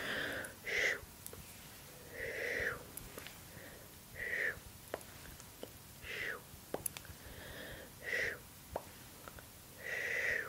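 Mouth sounds, soft breathy vowel-like puffs and wet smacks, arrive about every one to two seconds over a faint low rumble. Sharp little clicks and taps, likely hand movements, dot the gaps, with a cluster of quick clicks near the seventh second.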